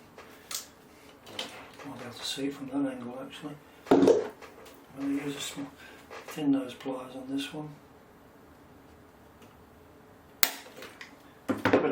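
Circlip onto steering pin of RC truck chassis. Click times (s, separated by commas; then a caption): 10.4 s. Someone talks while working on the steering of a 1/14 scale RC Volvo FH12 truck, then uses small thin-nose pliers to pinch a metal circlip across a steering pin. A sharp metallic click sounds at 10.4 s as the circlip seats in place on the pin, followed by a few soft handling knocks.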